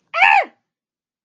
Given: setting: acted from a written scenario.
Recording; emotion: vocal sound without words; fear